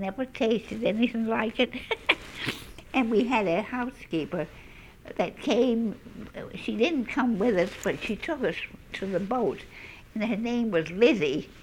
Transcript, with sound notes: I never tasted anything like it. ( she laughs ) And we had a housekeeper that came, she didn't come with us, but she took us to the boat, and her name was Lizzie.